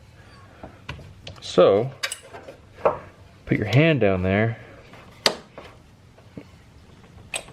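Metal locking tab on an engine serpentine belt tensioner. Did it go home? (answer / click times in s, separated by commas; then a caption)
yes / 5.3 s. On a 6.0 Powerstroke engine during an alternator replacement, the serpentine belt is pulled to swing the automatic belt tensioner far enough to push up its small metal locking tab, which holds the tensioner in place. Someone talks over faint clicks and rattles, then a loud, sharp metal click at 5.3 s is the locking tab latching. The tensioner is locked into place.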